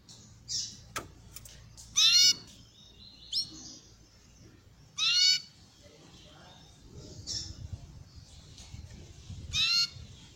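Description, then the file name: Belgian canary repeating loud raspy bursts of layered tones every few seconds, with brief thin chirps between them. Copper-coloured Belgian canary song. "canto do canario belga cobre"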